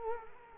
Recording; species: mosquito wingbeat signal from an infrared sensor; Culex quinquefasciatus